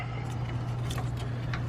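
A tight-fitting wiring harness connector is forced into the headlight assembly socket on a Class C RV during a headlight replacement, over a steady low hum. A brief sharp sound occurs at 0.9 s, and the connector clicks into place at 1.5 s, seated.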